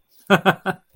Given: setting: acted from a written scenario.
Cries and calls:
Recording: vocal sound without words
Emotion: amusement

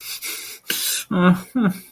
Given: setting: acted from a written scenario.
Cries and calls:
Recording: vocal sound without words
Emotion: fear

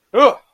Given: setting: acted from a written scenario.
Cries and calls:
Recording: vocal sound without words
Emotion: negative surprise

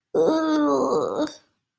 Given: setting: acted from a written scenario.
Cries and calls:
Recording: vocal sound without words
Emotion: shame

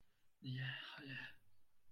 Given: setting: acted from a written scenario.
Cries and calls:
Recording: vocal sound without words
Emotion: interest

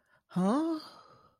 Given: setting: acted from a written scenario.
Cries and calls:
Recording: vocal sound without words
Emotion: embarrassment

